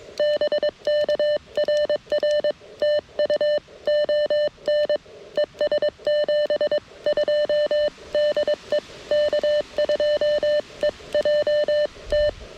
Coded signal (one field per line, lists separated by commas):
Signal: Morse code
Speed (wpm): 22 wpm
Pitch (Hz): 1800 Hz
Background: none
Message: BK RR TU ON ES 72 DE K2EJT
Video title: KX1 Redux: CW POTA at K-5221